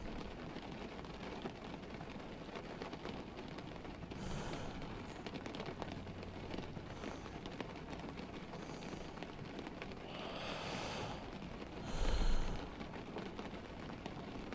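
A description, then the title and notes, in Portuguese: A rainy night with steady dense rain, bright hissing bursts near 4, 9, 11 and 12 seconds, and a thump around 12 seconds. Dormindo em uma noite chuvosa.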